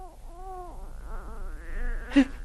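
A baby cries in wavering, high-pitched wails that rise and fall over a couple of seconds, ending in a short sharper burst, with low rumble underneath.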